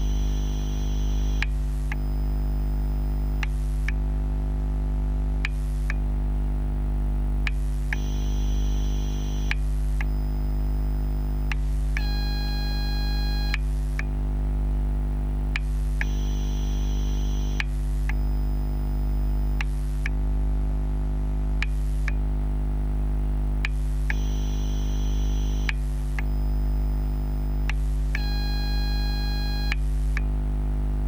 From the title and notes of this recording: Battery charging. I recorded it because I heard a strange noise from the charger. Microphones：VERDANT WEAPONS CONTACT MICROPHONE×2.